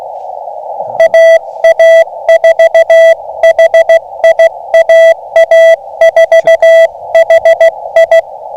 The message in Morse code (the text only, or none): AA4HI AA4HI